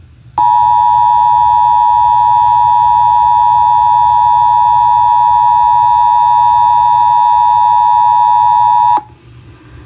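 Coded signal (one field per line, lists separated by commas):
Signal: Emergency Alert System (SAME) tones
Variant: 853 and 960 Hz attention tone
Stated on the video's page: Maryland required monthly test received on several radio stations.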